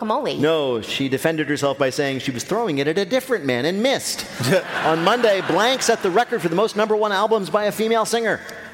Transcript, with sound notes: No. She defended herself by saying she was throwing it at a different man and missed.
(LAUGHTER)
On Monday, blank set the record for the most No. 1 albums by a female singer.